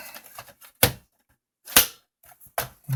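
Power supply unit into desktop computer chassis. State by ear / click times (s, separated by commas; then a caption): seated / 2.6 s. A replacement power supply unit, swapped in because of a power supply failure on a Dell Optiplex 780, is lined up with the small slots in the desktop case, pushed down and slid backwards. Faint rattles are broken by sharp clacks at about 0.8 s and 1.8 s, and a final latching snap at 2.6 s. The power supply is seated and locked in place.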